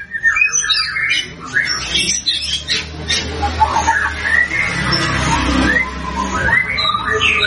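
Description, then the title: White-rumped shama song, a dense run of varied whistled and chattering phrases around mid-high pitch, over a steady low hum. Prolific 'gacor' singing, used as a lure to make birds respond. "PANCINGAN MURAI BATU GACOR, LANGSUNG RESPON"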